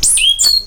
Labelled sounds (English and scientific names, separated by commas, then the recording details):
Stitchbird (Notiomystis cincta) song
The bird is a male
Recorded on Tiritiri Matangi Island, New Zealand, in 2005
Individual 22, of nest box 31